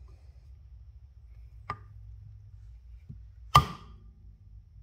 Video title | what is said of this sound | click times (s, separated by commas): OMC 2.3 cobra carburetor tear down 😀 part 1 | She Goes did you hear it pop | 3.6 s